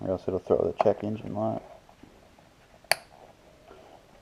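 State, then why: Seated. A plastic wiring harness electrical connector is pushed back onto the intake air temperature sensor during reassembly while someone talks. After the talking stops, a single sharp click at 2.9 seconds shows the connector is fully seated.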